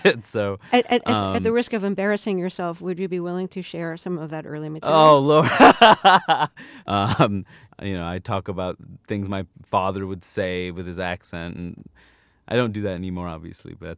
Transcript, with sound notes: so...
At the risk of embarrassing yourself, would you be willing to share some of that early material?
Oh, lord.
(LAUGHTER)
You know, I talk about things my father would say with his accent. I don't do that anymore, obviously,